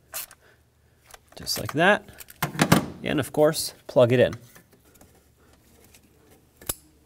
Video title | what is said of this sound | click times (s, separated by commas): How to Replace Spark Plugs 2004-2008 Ford F-150 | make sure it clicks otherwise it'll pop off by itself | 6.7 s